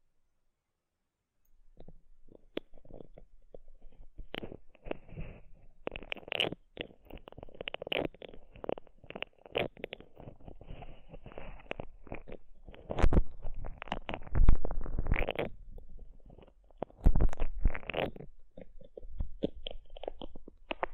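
Aloe gel being massaged around an ear, a dense run of wet squelching, slippery rubbing and crackling from about two seconds on. The sounds come in quick, irregular bursts, with louder, sharper squishes near 13, 15 and 17 seconds.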